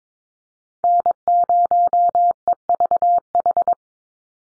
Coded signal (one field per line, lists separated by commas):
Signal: Morse code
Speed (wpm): 22 wpm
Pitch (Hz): 700 Hz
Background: none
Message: N0EVH